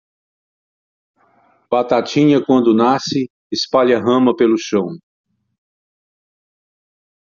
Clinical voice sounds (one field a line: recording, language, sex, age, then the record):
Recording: short text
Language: Brazilian Portuguese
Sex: male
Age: 60 to 69 years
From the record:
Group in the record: control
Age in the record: 67 years